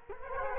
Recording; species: mosquito wingbeat signal from an infrared sensor; Culex quinquefasciatus